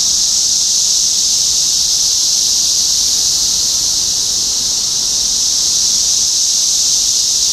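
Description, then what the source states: Constant shrill cicada drone, a steady hiss that barely varies from start to finish. Cicadas in Topeka, Kansas, USA, on 14 June 2015.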